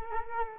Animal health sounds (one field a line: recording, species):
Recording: mosquito wingbeat signal from an infrared sensor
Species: Culex quinquefasciatus